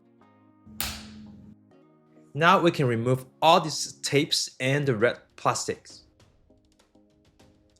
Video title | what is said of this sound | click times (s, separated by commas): IKEA FRIDANS roller blinds installation and how to hack the control stick on the left - DIY | You will hear this satisfying click sound. | 0.8 s